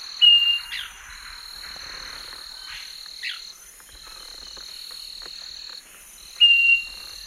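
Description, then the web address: Southern nightingale-wren giving two clear whistled notes several seconds apart, with a droning insect chorus and a few other brief chirps behind. Recorded in the Eastern Lowlands of South America. "Natures Songs S America Eastern Lowlands. Southern Nightingale-Wren"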